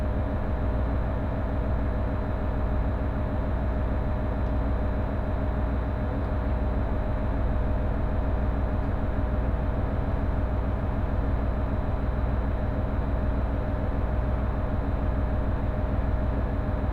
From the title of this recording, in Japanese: 仙石東北ライン快速 高城町→仙台